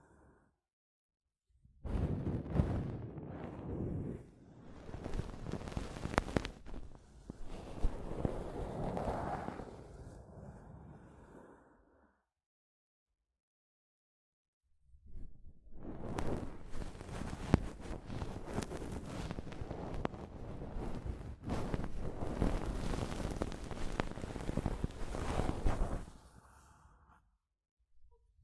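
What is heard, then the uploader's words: Soft fabric brushes over a microphone in two dense, scratchy bursts of rubbing, roughly 2–12 and 15–26 seconds, separated by silence. ASMR Mic Brushing using Soft Fabric (No Talking).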